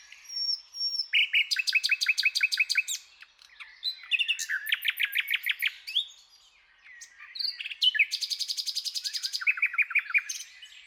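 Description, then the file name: Common nightingale singing rich phrases: a thin whistle, then rapid repeated chattering notes, several fast trills and buzzy rattles, with short pauses between bursts. "Luscinia megarhynchos"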